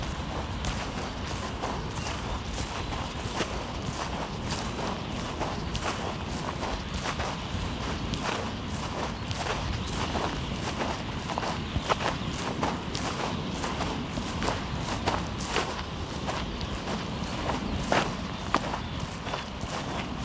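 Waves wash steadily along the Omø coastline under a dense hiss, with frequent short crunching footstep-like clicks throughout and occasional louder knocks.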